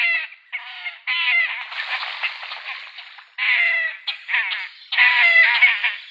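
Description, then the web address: Great crested grebe calling in loud, braying, grating phrases, several long harsh bursts separated by short pauses. "Great Crested Grebe"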